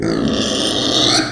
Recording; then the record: squeal of a Yucatan mini pig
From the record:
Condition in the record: before surgery on the right vocal fold (resection and tissue-engineered implant); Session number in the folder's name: 3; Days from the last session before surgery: 0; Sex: female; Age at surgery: 19 weeks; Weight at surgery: 25 kg